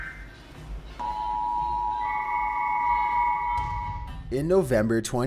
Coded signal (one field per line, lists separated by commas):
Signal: Emergency Alert System (SAME) tones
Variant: 853 and 960 Hz attention tone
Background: speech, music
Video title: Top 15 Scary Emergency Alerts Broadcast Live